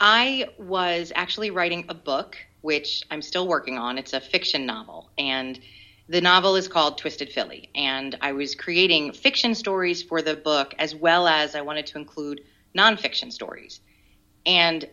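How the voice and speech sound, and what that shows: One adult speaks fluently in a relaxed conversational tone, with natural pauses between phrases and steady mid-range pitch. Articulation is clear, without repetitions, blocks or slurring. Ordinary speech in a quiet room.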